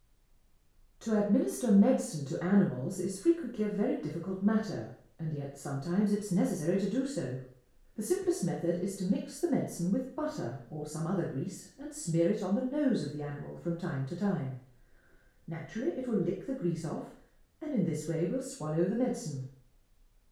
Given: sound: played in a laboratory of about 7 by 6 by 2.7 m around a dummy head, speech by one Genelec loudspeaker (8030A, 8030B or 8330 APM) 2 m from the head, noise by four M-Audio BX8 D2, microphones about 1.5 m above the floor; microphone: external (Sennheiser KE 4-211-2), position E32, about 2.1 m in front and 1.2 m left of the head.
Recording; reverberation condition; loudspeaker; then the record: female speech in English; medium; 60 degrees to the left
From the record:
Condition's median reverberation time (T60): about 510 ms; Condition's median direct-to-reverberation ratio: about -0.5 dB